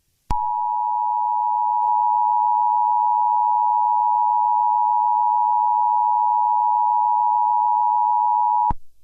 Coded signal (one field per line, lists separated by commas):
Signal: Emergency Alert System (SAME) tones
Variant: 853 and 960 Hz attention tone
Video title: EAS Scenario #8: Cartoon Cat Murdering Rampage.